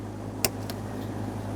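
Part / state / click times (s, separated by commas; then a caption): plastic fuel line adapter into fuel line / seated / 0.5 s. A plastic fuel line adapter, checked for cracks or damage, is pressed into the fuel line on a 2007-2017 Jeep Patriot fuel pump module assembly with its locking tabs aligned to their ports. It snaps in with a sharp click at 0.4 s, followed by a fainter tick at 0.7 s, over a steady low hum. The adapter is seated and then tugged to confirm it holds in place.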